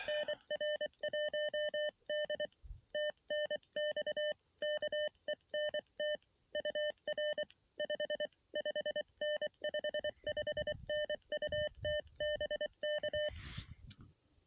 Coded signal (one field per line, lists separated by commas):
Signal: Morse code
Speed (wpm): 23 wpm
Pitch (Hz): 600 Hz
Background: none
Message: NR1D TNX KENT UR 5 5N 55N U TBK